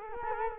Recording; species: mosquito wingbeat signal from an infrared sensor; Culex quinquefasciatus